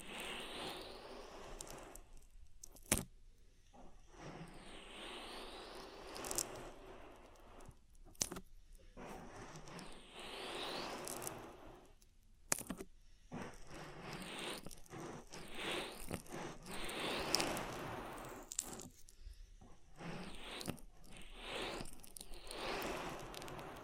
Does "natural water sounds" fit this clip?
no